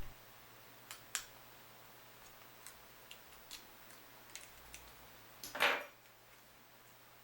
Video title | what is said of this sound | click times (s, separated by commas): Sirius Stiletto Battery Holder Latch Replacement | when properly placed you'll hear a snap | 1.2 s